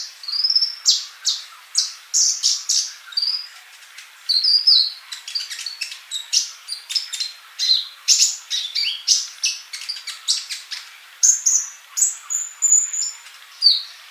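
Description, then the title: Bird song with a busy, continuous stream of high chirps, clicks and short whistles, barely pausing over the whole stretch. "Kicau Burung"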